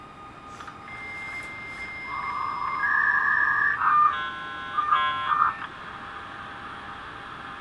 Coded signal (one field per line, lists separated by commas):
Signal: dial-up modem handshake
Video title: Pushing Dial-up Modems Further Than We EVER Thought Possible